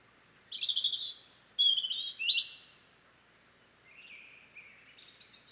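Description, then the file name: European robin singing a quick, sweet, high warbling phrase of trills and slurred notes, then a softer, lower-pitched warbled follow-up with faint background hiss. "Erithacus rubecula"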